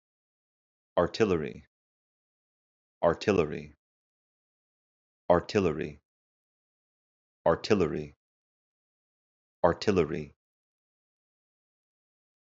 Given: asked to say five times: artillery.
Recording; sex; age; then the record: repeated word; male; 30 to 39 years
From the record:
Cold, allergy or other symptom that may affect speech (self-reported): no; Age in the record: 34 years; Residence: United States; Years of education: 17